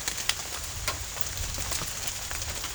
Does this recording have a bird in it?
no